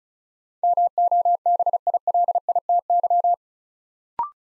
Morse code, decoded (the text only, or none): MOBILITY